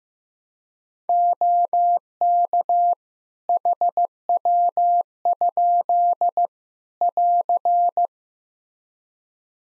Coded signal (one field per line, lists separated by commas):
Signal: Morse code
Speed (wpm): 15 wpm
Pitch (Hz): 700 Hz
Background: none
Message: OK HW? <AR>